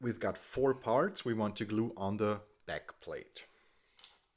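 A plastic part from a 1/35 Tamiya Panther tank model kit is handled at the tank's back plate, where four parts are to be glued and pins will go into small locating holes. Someone talks, then a few faint, sharp plastic ticks are heard near 4.0 seconds. Nothing has seated or clicked into the holes yet.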